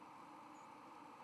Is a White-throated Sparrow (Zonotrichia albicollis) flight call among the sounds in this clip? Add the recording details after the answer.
yes. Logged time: 00:10 on 31 October 2014